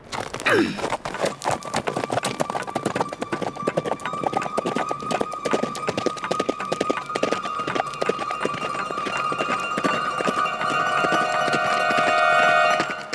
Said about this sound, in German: Ich zuckte mit den Schultern und sie gab ihrem Pferd die Sporen und sprengte die schmale, gefährliche Straße entlang.